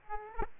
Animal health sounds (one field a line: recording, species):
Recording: mosquito wingbeat signal from an infrared sensor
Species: Aedes aegypti